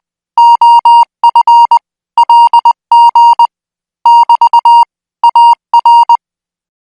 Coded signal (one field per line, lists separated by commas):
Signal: Morse code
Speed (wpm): 20 wpm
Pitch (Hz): 940 Hz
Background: music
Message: OF LG <BT> AR